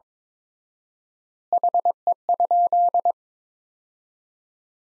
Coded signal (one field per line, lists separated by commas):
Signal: Morse code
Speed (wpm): 21 wpm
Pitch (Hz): 700 Hz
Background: none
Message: HE?